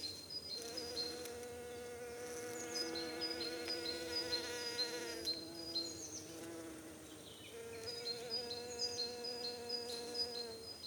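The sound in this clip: Bumblebee drone, a humming buzz that runs for several seconds, breaks off briefly, then resumes, with repeated high bird chirps behind it.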